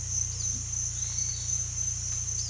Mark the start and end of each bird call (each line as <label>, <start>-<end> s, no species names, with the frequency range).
bird call (3.7-5.9 kHz), 0.31-0.45 s
bird call (3.1-5.0 kHz), 0.97-1.53 s